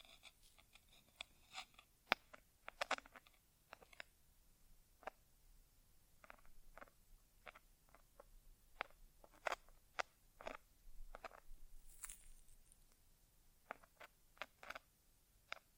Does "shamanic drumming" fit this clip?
no